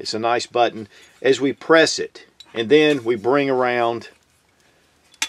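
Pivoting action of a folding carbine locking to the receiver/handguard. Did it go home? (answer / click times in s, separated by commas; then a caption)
yes / 5.2 s. Someone talks while pressing the knurled metal release button at the front of a Pivot compact folding 9mm carbine, then swings the aluminum action around toward the receiver/handguard. After a short quiet pause, a faint tick at 5.1 s leads into one sharp, solid click at 5.2 s as the action locks into its firing position.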